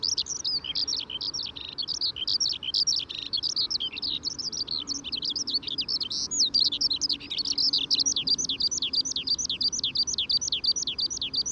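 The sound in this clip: Eurasian skylark with a sustained high song of rapid rolling trills and sharp chirps, steady and continuous throughout, over a soft low rumble.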